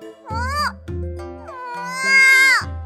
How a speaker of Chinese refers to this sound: 程前不理会嗷嗷嚎叫的师妹，径直进了李云的屋子，回首带上门，将声音隔在外面